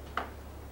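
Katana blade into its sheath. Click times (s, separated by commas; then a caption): 0.2 s. A katana blade is slid back into its wooden sheath (saya) until the collar seats with a single short, sharp click at 0.2 s, over a steady low hum. The blade is seated home in the sheath.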